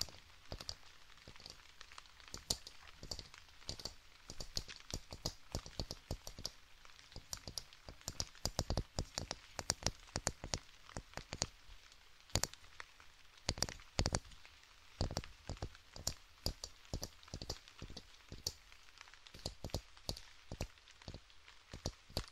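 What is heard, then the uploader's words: Scratching and tapping sounds form a dense, irregular run of sharp clicks and taps across the whole stretch, many per second with no steady beat. A soft hiss sits underneath, and louder taps stand out now and then, with a cluster around the middle. ASMR Scratching & Tapping for your Napping + Calming Rain (No Talking).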